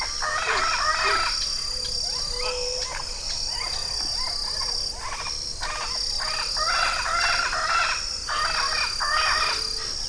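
Bird giving short bursts of harsh, rapid chattering notes, repeated every second or two, over a constant high-pitched hiss.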